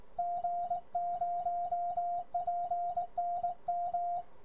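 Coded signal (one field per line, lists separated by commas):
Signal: Morse code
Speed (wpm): 20 wpm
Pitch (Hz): 700 Hz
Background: music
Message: G0PNM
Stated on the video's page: Morse sent on a Begali Blade key.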